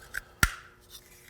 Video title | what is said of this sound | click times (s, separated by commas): Wilson Combat P365 and P320 Grip Module Trouble Shooting Guide for Assembly and Disassembly | everything should pop into place once you're reinstalled | 0.4 s